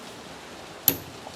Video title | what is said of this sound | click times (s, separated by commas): Primary Arms 3x Prism 7.62x39 / 300 Blkout Review by Brent0331 | then the locks into place and there we go it's on there solid | 0.9 s